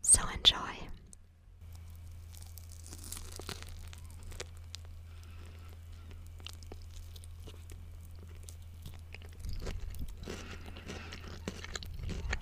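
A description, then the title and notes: Sushi being eaten up close, with soft sticky chewing and small wet clicks scattered throughout. A louder crunching bite opens the first second, then quieter, irregular mouth sounds continue over a low steady hum, picking up again near the end. Sushi (sticky eating sounds). It’s just vegetarian sushi, because I don’t like seafood.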